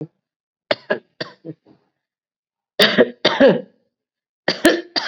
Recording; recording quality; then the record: shallow voluntary cough; excellent, no background noise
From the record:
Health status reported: COVID-19 positive, mild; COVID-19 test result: positive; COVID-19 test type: RT-PCR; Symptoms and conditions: cough, fever, fatigue, muscle pain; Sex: female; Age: 55 years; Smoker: no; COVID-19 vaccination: both doses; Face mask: not worn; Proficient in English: yes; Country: India